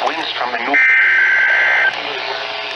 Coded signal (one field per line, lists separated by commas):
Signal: Emergency Alert System (SAME) tones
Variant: header bursts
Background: speech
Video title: SLIGHTLY LATE THERE, WXL25... EAS Alerts from 6/3/2020-6/30/2020 (EAS #324-336)(Re-Upload)